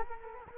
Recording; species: mosquito wingbeat signal from an infrared sensor; Culex quinquefasciatus